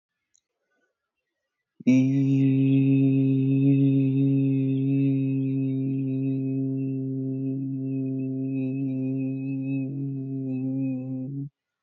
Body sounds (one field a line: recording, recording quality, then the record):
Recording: sustained vowel as in beet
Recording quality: excellent, no background noise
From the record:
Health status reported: healthy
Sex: male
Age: 29 years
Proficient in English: yes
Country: India